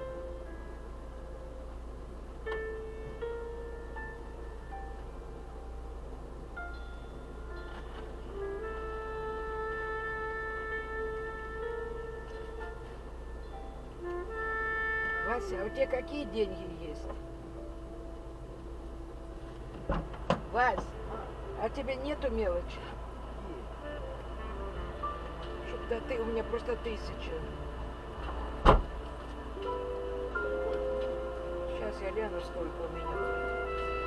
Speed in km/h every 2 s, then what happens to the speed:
0, 0, 0, 0, 0, 0, 0, 0, 0, 0, 0, 0, 0, 0, 0, 0, 0.
0-34 standing.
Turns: none.